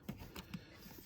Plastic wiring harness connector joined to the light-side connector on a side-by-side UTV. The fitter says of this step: and then click there we go so and I'm